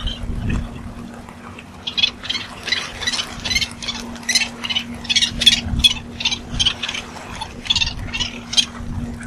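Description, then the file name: Cape petrel chattering: rapid harsh bursts, roughly two to three each second, with a steady low mechanical hum beneath. Elephant Island, November 2013. "Cape Petrel Elephant Island Pritam Baruah"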